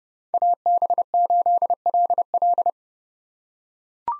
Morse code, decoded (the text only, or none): AB8LL